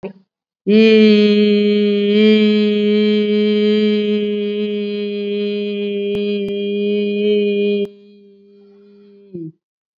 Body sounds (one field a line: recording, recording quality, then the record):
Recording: sustained vowel as in beet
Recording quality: excellent, no background noise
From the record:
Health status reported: COVID-19 positive, mild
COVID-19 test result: positive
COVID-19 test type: RT-PCR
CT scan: not taken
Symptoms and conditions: cough, fever, fatigue, muscle pain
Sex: female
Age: 55 years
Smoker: no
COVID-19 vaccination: both doses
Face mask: not worn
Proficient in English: yes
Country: India